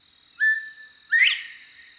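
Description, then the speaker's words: Northern Bobwhite whistle: a clear, steady first note followed by a sharply rising second note, the familiar two-part 'bob-white' call. Males whistle from shrubs and tufts of grass in spring, when winter coveys disband, to attract a female. "as spring arrives, the coveys disband and bobwhites seek out mates. Males whistle from shrubs and tufts of grass"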